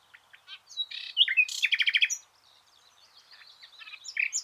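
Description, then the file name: Common nightingale singing a dense varied phrase: sharp whistles, a burst of loud fast-repeated notes, then a quieter jumble of chirps rising again at the end. "Luscinia megarhynchos"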